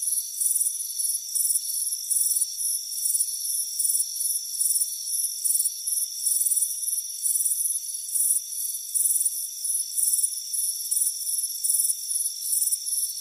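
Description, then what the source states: Cricket: continuous chorus of high chirps in quick pulses, with a steady shrill drone running throughout. Crickets chirping on a warm afternoon at a front porch.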